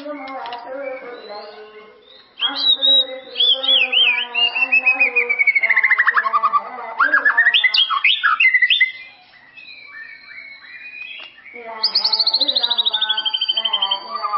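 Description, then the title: White-rumped shama song: long varied whistled run with trills and descending slurs, a pause, then a high falling whistle, over a steady low tonal drone. "murai batu"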